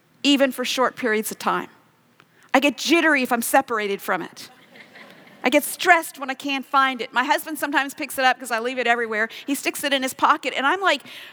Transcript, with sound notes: even for short periods of time. I get jittery if I’m separated from it. (laughter) I get stressed when I can’t find it. My husband sometimes picks it up—because I leave it everywhere. He sticks it in his pocket, and I’m, like,